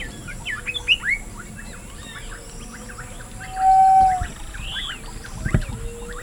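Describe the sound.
Bird chirping and whistling, with quick rising and falling notes, a sustained mid-pitched whistle near the middle, and scattered soft tones throughout.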